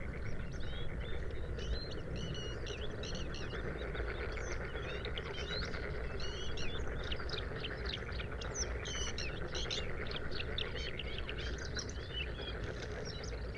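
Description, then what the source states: Bluethroat song of fast jumbled notes, clicks, buzzes and sharp whistles running on without pause, over a constant low background noise. Recorded 5 May 2025 at 06:10 at Sha Cheng Wetland, Hebei, China; four-minute recording with three bursts of song separated by fades.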